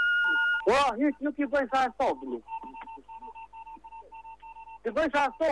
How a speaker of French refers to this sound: Si vous comprenez le morse, n'hésitez pas à nous dire ce qu'il dit.